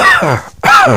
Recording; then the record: coughing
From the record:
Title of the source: Heavy cold and sore throat coughing.